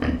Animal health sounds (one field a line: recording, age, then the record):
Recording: pig call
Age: growing-finishing pig (85 days or more)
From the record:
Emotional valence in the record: negative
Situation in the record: barren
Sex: female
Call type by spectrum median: low-frequency call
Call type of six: low-frequency stable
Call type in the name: low-frequency stable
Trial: 3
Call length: 0.20 s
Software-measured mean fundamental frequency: 63 Hz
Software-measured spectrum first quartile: 180 Hz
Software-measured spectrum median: 313 Hz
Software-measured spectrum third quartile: 957 Hz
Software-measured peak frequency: 255 Hz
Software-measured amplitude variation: 169 dB a second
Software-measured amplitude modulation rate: 15.0 a second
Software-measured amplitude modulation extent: 11.3 dB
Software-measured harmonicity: 0.3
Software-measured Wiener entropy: -1.61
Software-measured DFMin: 899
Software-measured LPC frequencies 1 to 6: 310, 1099, 1795, 2443, 3021, 4234 Hz